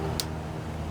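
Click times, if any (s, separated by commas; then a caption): 0.2 s. A click-type torque wrench set to about 18.5 to 20 foot-pounds tightens a cylinder head bolt on a Briggs and Stratton OHV Intek single-cylinder engine from a John Deere D100 lawnmower. A single sharp tick at 0.2 s stands out over a steady low hum. The wrench has clicked at its setting.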